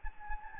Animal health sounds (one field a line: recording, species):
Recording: mosquito wingbeat signal from an infrared sensor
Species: Anopheles gambiae